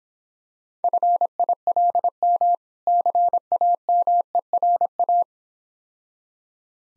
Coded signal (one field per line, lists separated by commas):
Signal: Morse code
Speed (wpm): 26 wpm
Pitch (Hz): 700 Hz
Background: none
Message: FILM CAMERA